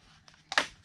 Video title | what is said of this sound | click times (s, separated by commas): Yes Welder welding goggles the regular guy review. | just snaps right in. There you go. | 0.5 s, 0.6 s